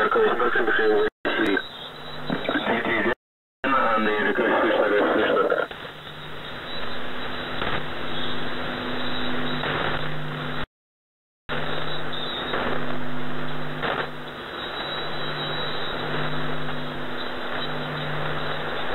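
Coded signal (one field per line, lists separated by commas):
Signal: coded military voice message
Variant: The Pip, Russian voice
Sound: a man's voice speaking Russian over noisy shortwave, with brief dropouts and steady hum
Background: radio static, hum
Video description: "The Pip" is a Russian military station that broadcasts on 5448 kHz at daytime and 3756 kHz at nighttime.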